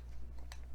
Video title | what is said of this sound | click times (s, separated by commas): Amazon Exclusive! #Transformers LEG EVO Humble Origins Senator Shockwave & Clerk Orion - HNE Toys | pull this piece off because it does lock into place and um | 0.5 s